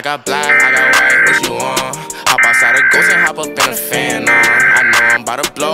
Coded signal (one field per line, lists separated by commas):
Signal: Emergency Alert System (SAME) tones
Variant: header bursts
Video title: Ransom X EAS Alarm (Full)